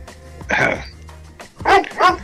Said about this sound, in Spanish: Ahí está el pichicho de fondo. Sí, vamos a hacer un dúo hoy.